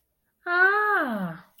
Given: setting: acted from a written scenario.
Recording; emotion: vocal sound without words; realization